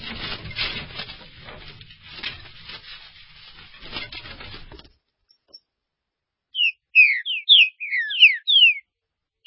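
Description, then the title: Green-winged saltator song: a quick phrase of loud slurred whistles near the end, following several seconds of harsh rushing noise. "Trinca Ferro"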